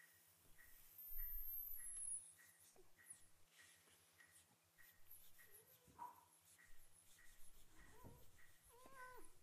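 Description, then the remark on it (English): A cat lets out a few drawn-out, wavering meows over a steady low electrical hum and faint regular clicking, with a brief louder rumble near the start. “Cat is singing.”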